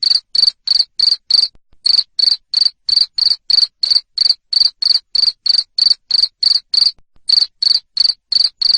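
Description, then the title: Shrill cricket chirps follow one another rapidly, about three per second, with two brief pauses in the series. Loud cricket chirping (jangkrik ngerik) played to stimulate lovebirds to sing continuously (ngekek). "Suara JANGKRIK NGERIK Keras Bikin LOVEBIRD Jadi NGEKEK Terus Vubey"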